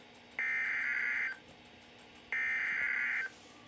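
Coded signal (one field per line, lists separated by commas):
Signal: Emergency Alert System (SAME) tones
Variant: header bursts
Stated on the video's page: Severe thunderstorm warning EAS tones recorded from weather radio station KEC83, covering York, PA.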